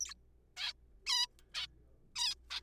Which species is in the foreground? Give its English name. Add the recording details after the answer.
Zebra Finch. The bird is a juvenile. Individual R3428